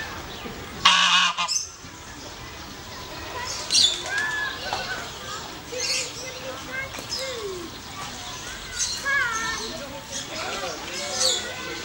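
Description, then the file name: Goose honking: a loud harsh call near the start, then scattered nasal honks over a busy background. Recorded on Lützowstraße in Solingen. "Solingen - Lützowstraße - Fauna - Goose"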